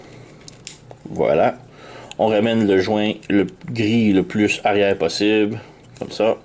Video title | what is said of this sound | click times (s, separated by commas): [Francais] Revue Video de 52Toys - BB-21 - Panthera | chose ici, donc on pousse jusqu'à ce que ça clique. Voilà. | 0.5 s, 0.7 s